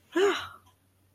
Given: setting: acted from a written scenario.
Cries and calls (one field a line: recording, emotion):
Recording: vocal sound without words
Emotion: triumph